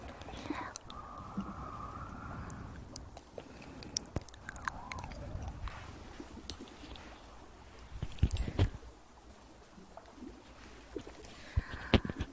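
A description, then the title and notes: Quiet hand movements with soft rustling and scattered small taps and clicks. A squeaky, rising tone sounds early on and briefly around four seconds, and sharper knocks land near eight seconds and again at the end over a low, muffled rumble. Sleep Triggers & Hand Movements.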